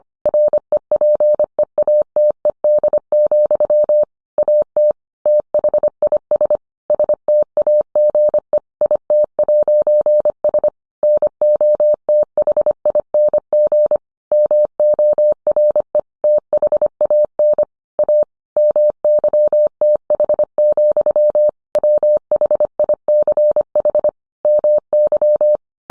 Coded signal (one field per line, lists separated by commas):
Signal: Morse code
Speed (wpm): 25 wpm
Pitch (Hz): 600 Hz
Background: none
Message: REPEATED, AT THIS STAGE IT'S NOTHING MORE THAN A MYTH, WHICH MY